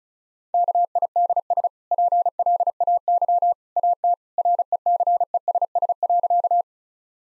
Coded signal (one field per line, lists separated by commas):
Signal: Morse code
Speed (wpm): 36 wpm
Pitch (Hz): 700 Hz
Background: none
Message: KIDS PLAY AT RECESS.